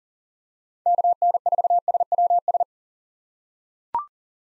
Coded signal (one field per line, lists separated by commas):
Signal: Morse code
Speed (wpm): 40 wpm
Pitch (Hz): 700 Hz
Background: none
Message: KN4SWS